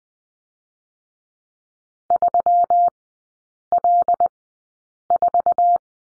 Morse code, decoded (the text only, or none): 3L4